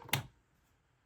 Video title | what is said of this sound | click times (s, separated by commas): Smoke Alarm Spotlights - RARE Chloride Pyrotector 3077ARF5 Smoke Alarm with Transmitter | That satisfying click. | 0.1 s